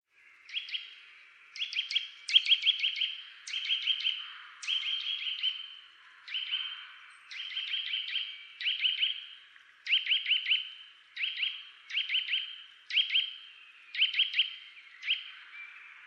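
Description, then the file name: Eurasian nuthatch calling: bright, piping notes in quick clusters of two to four, repeated steadily about once a second throughout, with no other clear sounds. "Sitta europaea"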